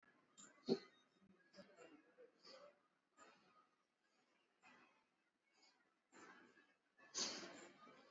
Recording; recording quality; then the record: shallow breathing; excellent, no background noise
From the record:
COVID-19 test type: RT-PCR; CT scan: not taken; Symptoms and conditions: cough, cold, fever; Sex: male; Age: 26 years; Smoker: no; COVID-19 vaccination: both doses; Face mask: worn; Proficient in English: yes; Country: India